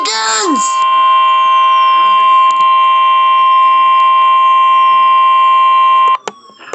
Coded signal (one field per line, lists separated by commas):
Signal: Emergency Alert System (SAME) tones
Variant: 1050 Hz attention tone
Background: speech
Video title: IT BEGINS... | EAS Capture #23